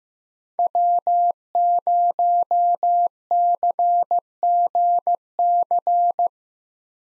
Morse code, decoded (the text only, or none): W0CGC